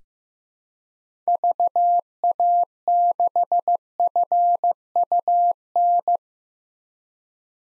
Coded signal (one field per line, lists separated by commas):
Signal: Morse code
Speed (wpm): 15 wpm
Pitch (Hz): 700 Hz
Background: none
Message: VA6FUN